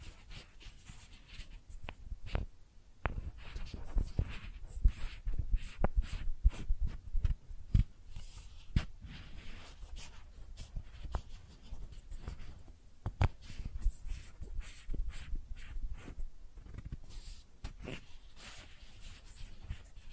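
Makeup being tapped and scratched: a steady stream of quick, dry clicks and rough scraping strokes runs the whole twenty seconds. Sharper taps stand out near 2.5 seconds, between 5 and 8 seconds and around 13 seconds, over a soft low rumble.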